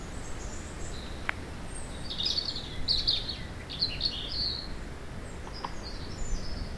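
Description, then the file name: European robin song: a run of high, thin twittering and trilled notes in the middle, with a couple of sharp clicks and steady background noise. "Erithacus rubecula"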